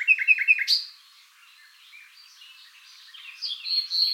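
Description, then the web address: Common nightingale song opening with a few loud repeated notes and an upward flick, followed by faint, quiet twittering phrases. "SETE Luscinia megarhynchos"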